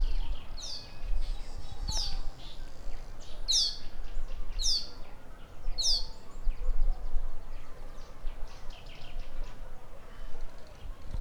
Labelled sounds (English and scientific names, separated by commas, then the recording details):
Lesser Striped Swallow (Cecropis abyssinica)
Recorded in northern Uganda